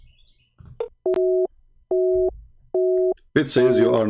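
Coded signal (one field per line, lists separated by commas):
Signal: none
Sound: app call failed beeps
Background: speech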